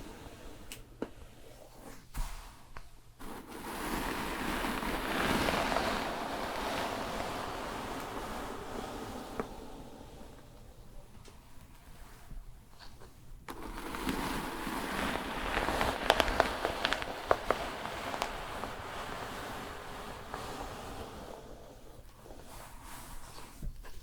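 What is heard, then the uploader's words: Wet shampoo lathering and scrubbing: two long bursts of dense, crackly squishing, from about 3 to 12 seconds and again from 13 to 22. Brief quieter gaps separate them, with a faint low hum underneath and small clicks and taps. ASMR Relaxing Shampoo and Hair brushing ｜NO TALKING.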